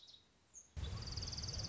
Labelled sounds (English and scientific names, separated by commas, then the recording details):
Orange-crowned Warbler (Leiothlypis celata)
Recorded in Sonoma County, California